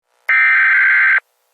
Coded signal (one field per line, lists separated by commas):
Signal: Emergency Alert System (SAME) tones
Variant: header bursts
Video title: (Ytpmv) USA EAS alarm Scan